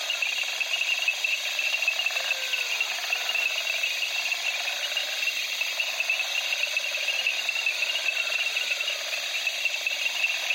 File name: Africa Okavago night crickets frogs in reeds